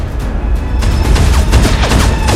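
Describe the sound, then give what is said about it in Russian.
Rapid bursts of gunfire crackle continuously during a naval battle at sea, dense overlapping sharp shots over a low rumbling background, loud and sustained throughout with no voices. “Прекратить огонь!”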